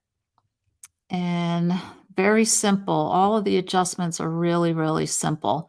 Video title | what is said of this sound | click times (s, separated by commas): WORKOUT DEMO! Watch today & Head to the gym tomorrow | You'll hear it click | 0.8 s